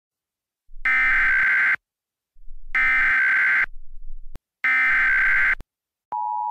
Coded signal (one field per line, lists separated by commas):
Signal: Emergency Alert System (SAME) tones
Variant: header bursts